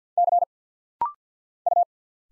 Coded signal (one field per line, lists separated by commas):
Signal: Morse code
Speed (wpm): 50 wpm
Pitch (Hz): 700 Hz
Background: none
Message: C U